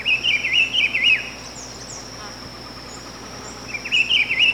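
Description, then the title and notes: Rufous-browed Peppershrike song: a rich warbled phrase rises and falls for just over a second, then another starts near the end, over a continuous high insect drone. "Áudio do pio do pitiguari. Fonte: WikiAves"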